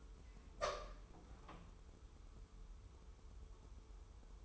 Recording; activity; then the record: daily activity, microphone in the room; open door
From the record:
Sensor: 1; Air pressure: 1015.1 hPa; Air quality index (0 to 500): 100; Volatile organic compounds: 3 ppm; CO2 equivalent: 1351 ppm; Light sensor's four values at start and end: 14/33/14/15 and 14/33/14/15